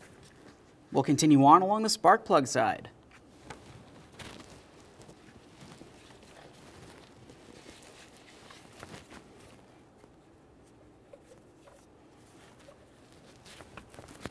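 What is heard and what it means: Someone talks briefly near the start while working along the spark plug side of a 1998-2011 Ford Ranger 2.3L L4 engine, handling a new spark plug wire boot (rubber over a metal terminal) that is to be pushed down onto a spark plug. Quiet handling noises and a few faint, short ticks follow. Nothing has seated or clicked yet.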